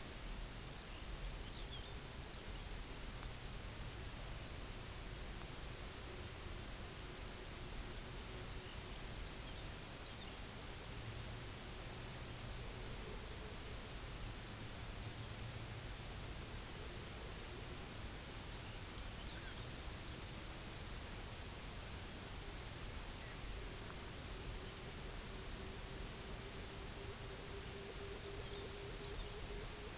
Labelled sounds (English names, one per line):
Lapland Longspur
Pectoral Sandpiper
unidentified sound